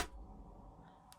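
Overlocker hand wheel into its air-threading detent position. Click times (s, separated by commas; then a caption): 1.1 s. The hand wheel of an overlocker with an air threader is turned towards the operator, giving a brief bright click at 0.0 s and then a low, steady mechanical hum. At 1.1 s a sharp click rings out as the wheel clicks into its threading position, seated and clearly audible.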